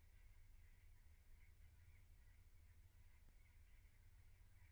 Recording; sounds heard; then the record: poultry house recording; no chicken sound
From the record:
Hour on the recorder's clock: 15